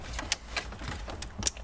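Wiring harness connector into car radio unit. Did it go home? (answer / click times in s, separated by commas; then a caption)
yes / 1.5 s. The other end of a plastic wiring harness connector is pushed into the radio socket of a 2013-2015 Lexus GS during a wired Apple CarPlay and Android Auto install. Sharp plastic ticks sound at 0.3 s and 1.2 s, then a firm click at 1.5 s as the connector locks into place.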